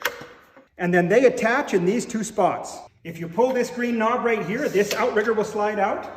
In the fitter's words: The clip-on piece just pops off and